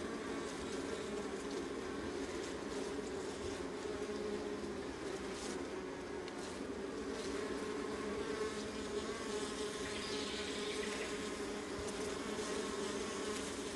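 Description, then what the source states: Honey bee colony drone, constant and rich, many wings blending into one hum. Honey bee colony, recorded close.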